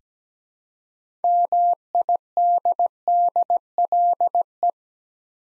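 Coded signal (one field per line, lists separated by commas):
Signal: Morse code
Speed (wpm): 17 wpm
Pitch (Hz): 700 Hz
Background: none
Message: MIDDLE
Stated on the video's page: Morse practice sending six-letter words at 17wpm for head-copy drill, each word sent twice.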